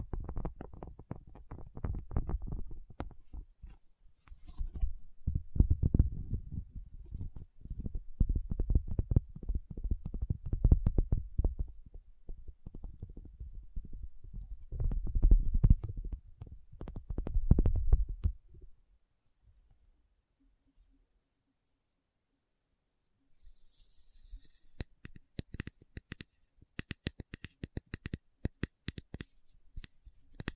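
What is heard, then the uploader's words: Tapping sounds, dense and irregular for the first eighteen seconds, with soft low thuds and quick clicks in uneven bursts. A near-silent pause follows around 19–23 seconds. From about 24 seconds, sharper, brighter taps return in a steadier, more spaced rhythm. Tapping Session (No Talking).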